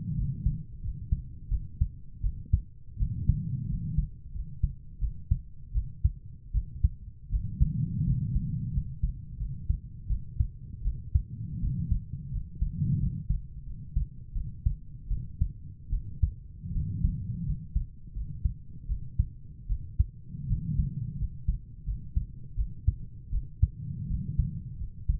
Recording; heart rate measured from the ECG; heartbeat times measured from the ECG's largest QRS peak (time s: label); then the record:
heart sounds by stethoscope; 83 bpm
0.16 s: heartbeat
0.82 s: heartbeat
1.50 s: heartbeat
2.22 s: heartbeat
2.98 s: heartbeat
3.68 s: heartbeat
4.33 s: heartbeat
5.00 s: heartbeat
5.73 s: heartbeat
6.53 s: heartbeat
7.31 s: heartbeat
8.05 s: heartbeat
8.73 s: heartbeat
9.39 s: heartbeat
10.08 s: heartbeat
10.84 s: heartbeat
11.60 s: heartbeat
12.31 s: heartbeat
12.99 s: heartbeat
13.65 s: heartbeat
14.34 s: heartbeat
15.09 s: heartbeat
15.91 s: heartbeat
16.73 s: heartbeat
17.45 s: heartbeat
18.14 s: heartbeat
18.88 s: heartbeat
19.68 s: heartbeat
20.48 s: heartbeat
21.18 s: heartbeat
21.85 s: heartbeat
22.56 s: heartbeat
23.31 s: heartbeat
24.08 s: heartbeat
24.78 s: heartbeat
From the record:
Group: healthy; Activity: rest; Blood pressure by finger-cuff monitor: 132/72 mmHg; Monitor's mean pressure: 88 mmHg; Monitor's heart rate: 83 bpm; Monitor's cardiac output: 7.4 L/min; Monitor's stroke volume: 87 mL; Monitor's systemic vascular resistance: 880 dyn s/cm5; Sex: female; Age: 22 years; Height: 160 cm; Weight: 63 kg